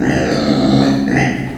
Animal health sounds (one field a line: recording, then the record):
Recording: squeal of a Yucatan mini pig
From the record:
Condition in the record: before surgery on the right vocal fold (resection and tissue-engineered implant)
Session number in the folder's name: 3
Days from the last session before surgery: 0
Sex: female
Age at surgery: 19 weeks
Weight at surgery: 25 kg